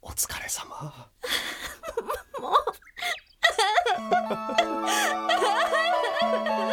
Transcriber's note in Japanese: ワッと泣く